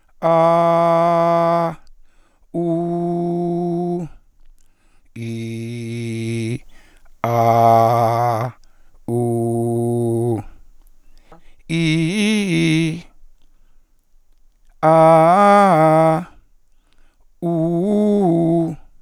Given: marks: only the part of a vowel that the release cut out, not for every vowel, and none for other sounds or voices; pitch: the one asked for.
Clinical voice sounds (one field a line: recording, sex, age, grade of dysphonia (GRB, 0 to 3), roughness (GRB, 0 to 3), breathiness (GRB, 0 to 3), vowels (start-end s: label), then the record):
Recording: sustained vowels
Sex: male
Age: 40 to 49 years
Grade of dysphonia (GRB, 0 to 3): 1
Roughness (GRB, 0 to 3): 1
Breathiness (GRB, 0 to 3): 0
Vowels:
0.36-1.50 s: vowel /a/, high pitch
2.69-3.90 s: vowel /u/, high pitch
5.31-6.41 s: vowel /i/, low pitch
7.39-8.29 s: vowel /a/, low pitch
9.21-10.20 s: vowel /u/, low pitch
11.80-12.81 s: vowel /i/, low-high-low pitch
14.98-16.05 s: vowel /a/, low-high-low pitch
17.52-18.57 s: vowel /u/, low-high-low pitch
From the record:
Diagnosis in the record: hyperfunctional dysphonia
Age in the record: 41 years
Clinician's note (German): Hyperfunktionelle Dysphonie